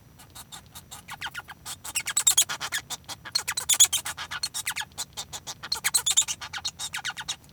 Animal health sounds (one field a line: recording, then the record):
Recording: song of a male Bengalese finch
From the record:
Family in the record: son of father 1